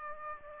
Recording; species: mosquito wingbeat signal from an infrared sensor; Aedes aegypti